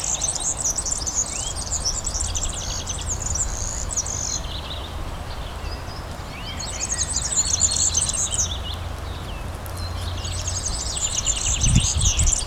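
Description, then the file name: European serin song: rapid, jingling high-pitched buzzy trills in bursts of several seconds with short pauses, over steady low rumbling background noise. Recorded at Ystad, Sweden, in 2012. "Gulhämpling - Serinus serinus Ystad-Sweden-2012"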